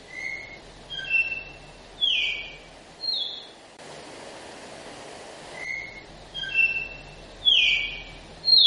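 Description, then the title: Red-cowled cardinal whistling varied notes in repeated phrases, broken by a couple of seconds of soft hiss before the whistles return. Female red-cowled cardinal; young bird; song style called Flauta 4 x 4. "Canto Galo Campina Fêmea 01. Galo de Campina Novo ( Flauta 4 x 4 )"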